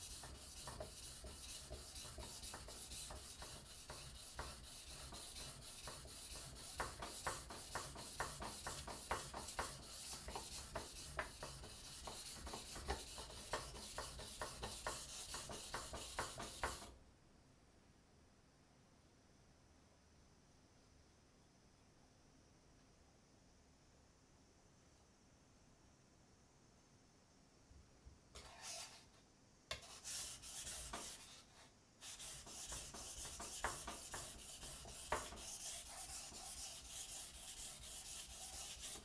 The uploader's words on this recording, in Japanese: 環境音 久しぶりの包丁研ぎ。3本研いで少し疲れました。